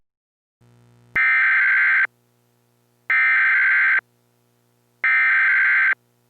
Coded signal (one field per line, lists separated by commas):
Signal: Emergency Alert System (SAME) tones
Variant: header bursts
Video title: EAS mock scenario: A lake Volcanic Eruption